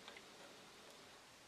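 A wooden part of a marquetry box is being pressed back into position in the box during restoration, with faint soft ticks over low, steady background noise. Nothing has seated or clicked yet.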